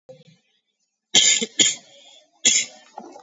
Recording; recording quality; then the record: shallow voluntary cough; excellent, no background noise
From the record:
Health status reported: COVID-19 positive, mild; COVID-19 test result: positive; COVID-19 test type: RT-PCR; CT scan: not taken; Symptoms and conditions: cough, cold, sore throat, fatigue, muscle pain, loss of smell and taste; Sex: male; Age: 26 years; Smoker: no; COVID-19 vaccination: none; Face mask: worn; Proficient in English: yes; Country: India